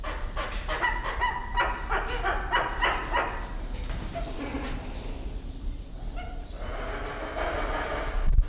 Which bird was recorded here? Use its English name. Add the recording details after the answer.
Malabar Pied Hornbill. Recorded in captivity. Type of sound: call, call sequence. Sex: pair. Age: adult. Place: Zoo Berlin, Berlin, DE. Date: 1993-02-20. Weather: 3°C, heiter bis wolkig, böiger Wind. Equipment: Marantz CP 430, Sennheiser ME 80, Kopie Uher Variocord 263. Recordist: Tembrock, Günter. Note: Lautfolgen von Paar